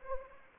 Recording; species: mosquito wingbeat signal from an infrared sensor; Anopheles arabiensis